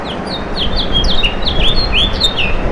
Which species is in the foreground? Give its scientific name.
Haemorhous mexicanus